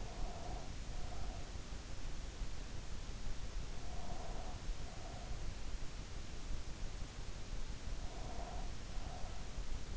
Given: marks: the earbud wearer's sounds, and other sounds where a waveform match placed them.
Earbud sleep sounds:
sounds in sleep by an in-ear microphone; breath
0.00-1.62 s: breath
3.80-5.46 s: breath
7.96-9.49 s: breath

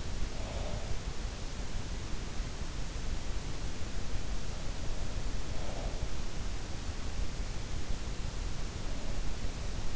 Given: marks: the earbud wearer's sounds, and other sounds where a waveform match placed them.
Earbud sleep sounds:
sounds in sleep by an in-ear microphone; breath
0.00-1.15 s: breath

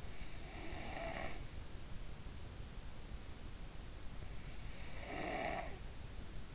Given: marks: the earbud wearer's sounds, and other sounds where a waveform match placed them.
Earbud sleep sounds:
sounds in sleep by an in-ear microphone; snoring breath
0.00-1.79 s: snoring breath
4.56-6.47 s: snoring breath

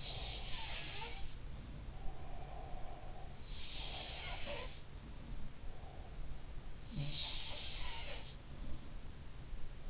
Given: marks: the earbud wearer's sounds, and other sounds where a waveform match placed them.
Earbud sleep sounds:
sounds in sleep by an in-ear microphone; breath
0.00-3.39 s: breath
3.23-4.91 s: sound from someone else or the room
6.91-8.59 s: sound from someone else or the room

